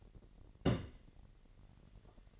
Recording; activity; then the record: daily activity, microphone in the room; place on stove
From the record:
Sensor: 4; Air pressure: 1012.8 hPa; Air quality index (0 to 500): 237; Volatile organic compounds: 4 ppm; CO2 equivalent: 1581 ppm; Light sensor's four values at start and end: 27/64/26/25 and 27/65/26/25